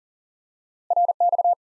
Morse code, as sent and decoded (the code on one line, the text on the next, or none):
.-. -..-
RX